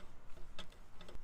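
A fuel cap on a 2023 Toyota Tacoma is screwed into the fuel filler neck. Its ratchet gives a series of sharp ticks at the torque limit, at about 0.6, 0.7, 1.0, 1.1 and 1.2 seconds, over a low background hum. The cap is tightened to its torque limit.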